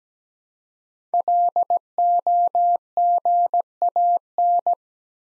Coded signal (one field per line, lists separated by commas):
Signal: Morse code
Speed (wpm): 17 wpm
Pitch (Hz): 700 Hz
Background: none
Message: LOGAN